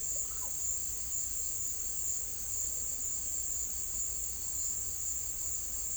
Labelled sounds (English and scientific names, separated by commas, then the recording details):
none
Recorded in pastures near Puerto Asís, Putumayo, Colombia, on 21 December 2024 at 16:30
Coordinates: 0.487, -76.322
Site GP09